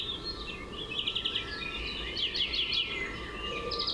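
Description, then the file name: European greenfinch twittering song with fast trilled phrases and a run of quick descending notes, against constant hissy background noise. "Chloris chloris"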